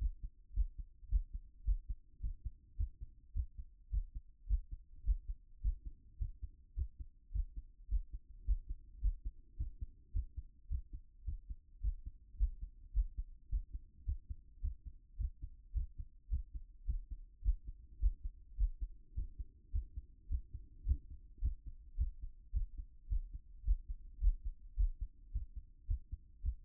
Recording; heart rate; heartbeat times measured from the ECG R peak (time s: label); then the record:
heart sounds by stethoscope; 107 bpm
0.52 s: heartbeat
1.07 s: heartbeat
1.63 s: heartbeat
2.19 s: heartbeat
2.75 s: heartbeat
3.32 s: heartbeat
3.89 s: heartbeat
4.45 s: heartbeat
5.02 s: heartbeat
5.60 s: heartbeat
6.17 s: heartbeat
6.74 s: heartbeat
7.31 s: heartbeat
7.87 s: heartbeat
8.43 s: heartbeat
8.99 s: heartbeat
9.55 s: heartbeat
10.11 s: heartbeat
10.67 s: heartbeat
11.23 s: heartbeat
11.79 s: heartbeat
12.35 s: heartbeat
12.91 s: heartbeat
13.47 s: heartbeat
14.04 s: heartbeat
14.60 s: heartbeat
15.16 s: heartbeat
15.72 s: heartbeat
16.28 s: heartbeat
16.84 s: heartbeat
17.41 s: heartbeat
17.98 s: heartbeat
18.55 s: heartbeat
19.13 s: heartbeat
19.70 s: heartbeat
20.27 s: heartbeat
20.84 s: heartbeat
21.40 s: heartbeat
21.96 s: heartbeat
22.51 s: heartbeat
23.07 s: heartbeat
23.62 s: heartbeat
24.18 s: heartbeat
24.74 s: heartbeat
25.30 s: heartbeat
25.85 s: heartbeat
26.40 s: heartbeat
From the record:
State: after exercise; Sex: male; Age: 37 years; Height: 180 cm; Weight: 87 kg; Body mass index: 26.85